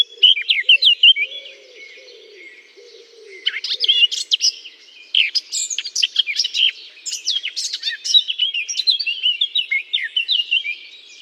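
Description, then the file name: Eurasian blackcap song: bursts of rapid, varied warbling phrases, high and chattering, repeated throughout, with a soft low dove-like cooing underneath during the first three seconds. Singing from a holly bush. "chant de fauvette a tete noire dans houx"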